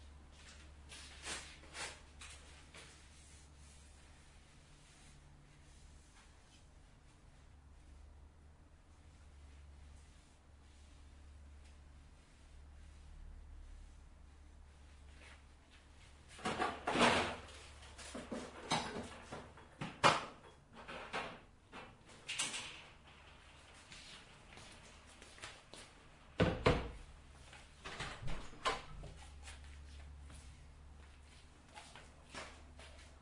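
Dishes being washed, with a steady low hum underneath. The first half is quiet with only faint clinks; from about 16 seconds, sharp clatters and knocks of dishes arrive in irregular bursts, loudest near 17, 20 and 27 seconds.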